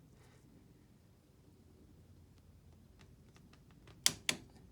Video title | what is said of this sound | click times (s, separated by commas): Weatherproofing and securely mounting OEM Harley-Davidson turn signals, Part 2 of 2 | there's the click | 4.1 s, 4.3 s